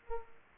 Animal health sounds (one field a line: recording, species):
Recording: mosquito wingbeat signal from an infrared sensor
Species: Aedes aegypti